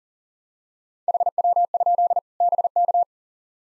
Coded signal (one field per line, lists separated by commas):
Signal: Morse code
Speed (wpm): 40 wpm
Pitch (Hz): 700 Hz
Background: none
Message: HW? BK